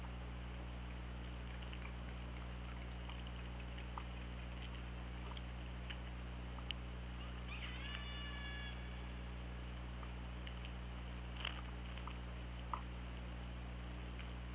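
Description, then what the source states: Orca pulsed call: one stacked, harmonic call that bends slightly, lasting about a second midway, over steady low underwater hum and scattered faint clicks. Underwater hydrophone recording from OrcaLab, made 24 August 2017 at 21:30:39.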